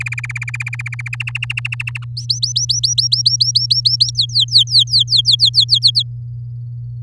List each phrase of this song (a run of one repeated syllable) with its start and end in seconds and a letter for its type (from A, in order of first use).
0.00-1.16 A, 1.20-2.04 B, 2.17-4.11 C, 4.15-5.79 D, 5.82-6.03 E